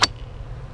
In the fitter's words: set it in there like that listen for the click there